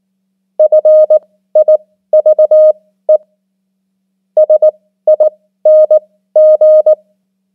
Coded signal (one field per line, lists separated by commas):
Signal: Morse code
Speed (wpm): 19 wpm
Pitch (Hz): 620 Hz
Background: none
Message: FIVE SING